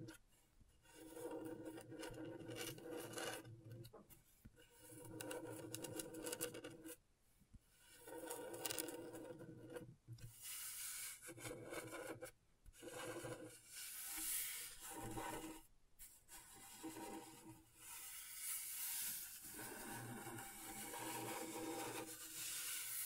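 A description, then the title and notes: Scratchboard being worked with a scraping tool, a dry rasping sound that comes in long strokes with brief pauses near 7, 10, 12.5, 14 and 16 seconds. The strokes are dense and gritty, with a steady low hum underneath and brighter hiss in later passes. ASMR Brain Tingling Scratchboard (No Talking).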